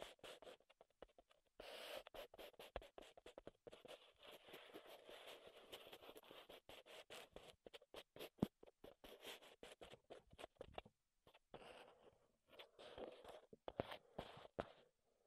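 Wood triggers sound as quick tapping and scraping, with dense bursts of crisp clicks and rasping strokes that start and stop in uneven runs. Short silences break the activity, and a few sharper knocks stand out around eight and fourteen seconds.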